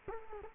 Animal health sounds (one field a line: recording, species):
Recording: mosquito wingbeat signal from an infrared sensor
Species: Culex quinquefasciatus